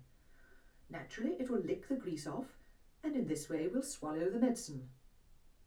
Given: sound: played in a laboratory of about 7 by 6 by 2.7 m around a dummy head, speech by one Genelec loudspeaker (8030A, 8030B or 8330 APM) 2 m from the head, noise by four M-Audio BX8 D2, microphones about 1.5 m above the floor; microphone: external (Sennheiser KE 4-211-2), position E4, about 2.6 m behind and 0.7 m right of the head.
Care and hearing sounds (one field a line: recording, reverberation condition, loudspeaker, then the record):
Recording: female speech in English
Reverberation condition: low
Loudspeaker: 60 degrees to the left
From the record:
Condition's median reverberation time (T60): about 310 ms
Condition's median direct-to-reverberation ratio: about 3.5 dB